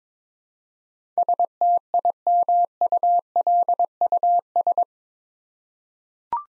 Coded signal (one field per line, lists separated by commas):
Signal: Morse code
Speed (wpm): 22 wpm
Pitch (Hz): 700 Hz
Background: none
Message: STIMULUS